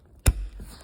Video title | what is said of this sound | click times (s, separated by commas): Replacing the passenger mirror on a 2022-2024 Hyundai Tucson SEL | until it clicks | 0.3 s